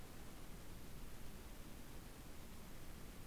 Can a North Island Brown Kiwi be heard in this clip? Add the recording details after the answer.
no. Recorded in New Zealand on 8 January 2015. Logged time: 04:57. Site BX23